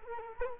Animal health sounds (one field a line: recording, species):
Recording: mosquito wingbeat signal from an infrared sensor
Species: Culex quinquefasciatus